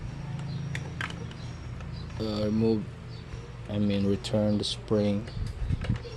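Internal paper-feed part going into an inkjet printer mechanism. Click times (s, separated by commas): 0.8 s, 1.0 s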